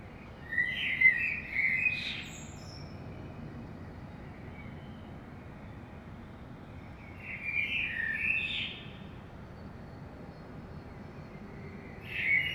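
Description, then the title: Common blackbird song: fluted whistled phrases around the middle pitch ending in higher twittery notes, three phrases spaced several seconds apart over a low steady background hum. In the morning in Saint-Gilles, Belgium; recorded with DPA 2006c microphones in AB into a Zoom F3. "Saint-Gilles, Belgique - Blackbird - Merle"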